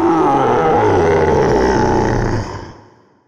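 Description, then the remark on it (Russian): A huge black-brown bear lets out a loud, harsh roar of pain, a deep, rough, growling bellow that holds steady for a couple of seconds before trailing off and fading into silence. “Зарычал от боли чернобурый медведь.”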